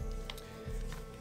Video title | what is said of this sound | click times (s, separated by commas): How to install a UTG PRO QUAD RAIL on DEL-TON AR-15 | it should pop into place and then | 0.3 s